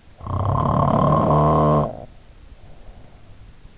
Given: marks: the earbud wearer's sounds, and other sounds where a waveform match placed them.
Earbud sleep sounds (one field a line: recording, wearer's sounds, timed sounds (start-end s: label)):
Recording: sounds in sleep by an in-ear microphone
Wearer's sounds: snoring breath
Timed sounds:
0.09-3.63 s: snoring breath